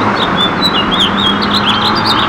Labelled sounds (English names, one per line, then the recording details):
House Finch song
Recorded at Glen Cove on Long Island, New York, on 14 June 2013
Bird A